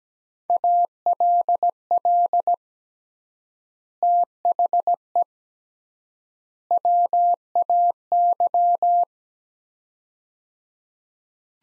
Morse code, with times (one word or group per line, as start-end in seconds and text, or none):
0.5-2.5 ALL
4.0-5.2 THE
6.7-9.0 WAY